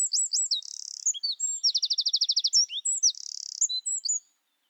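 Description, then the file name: Eurasian wren song, an energetic high-pitched jumble of sharp notes and fast buzzing trills delivered without a break for about four seconds. "Troglodytes troglodytes"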